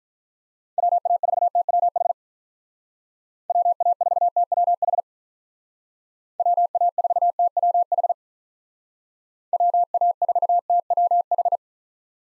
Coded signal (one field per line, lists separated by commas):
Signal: Morse code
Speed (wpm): 47 wpm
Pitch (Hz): 700 Hz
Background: none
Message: WA4TWH WA4TWH WA4TWH WA4TWH